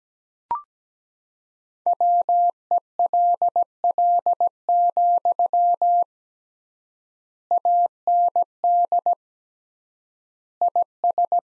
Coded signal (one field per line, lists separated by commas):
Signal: Morse code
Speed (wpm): 17 wpm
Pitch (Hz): 700 Hz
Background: none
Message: WELL, AND IS